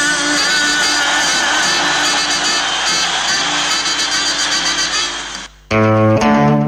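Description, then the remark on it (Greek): A dense, loud roar of crowd applause and cheering at the Panathenaic Stadium (Kallimarmaro) on 30 September 1974, with sustained musical tones woven through it, runs for about five seconds before cutting off abruptly into music. “Τροποποιημένη στίχη, όπως τους τροποποίησαν τότε, και ακούτε και τα χειροκροτήματα του κόσμου.”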